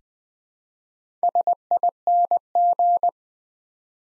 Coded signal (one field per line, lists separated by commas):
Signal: Morse code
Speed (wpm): 20 wpm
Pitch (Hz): 700 Hz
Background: none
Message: SING